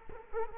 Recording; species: mosquito wingbeat signal from an infrared sensor; Culex quinquefasciatus